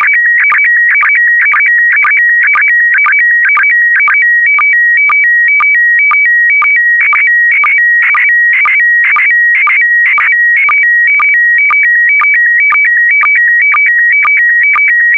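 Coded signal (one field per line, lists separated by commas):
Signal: SSTV (slow-scan television)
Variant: PD120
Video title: (03 of 12) ISS Expedition 63 - MAI-75 September 2020 - Retransmission SSTV PD120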